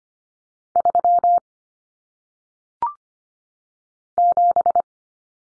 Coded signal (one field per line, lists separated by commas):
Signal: Morse code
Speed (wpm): 25 wpm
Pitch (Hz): 700 Hz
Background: none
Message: 3 7